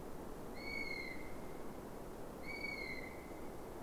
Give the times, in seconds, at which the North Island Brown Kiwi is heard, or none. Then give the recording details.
0.00-3.40. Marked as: faintness 2/5. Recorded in New Zealand on 5 November 2015. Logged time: 22:59. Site CQ72